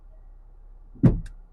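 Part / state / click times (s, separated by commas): deployable tow bar locking into the vehicle's rear mount / seated / 1.3 s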